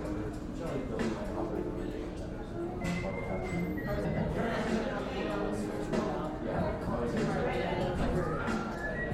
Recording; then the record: background sound without coughing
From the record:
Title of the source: 60 minutes of coffee shop sounds for study and concentration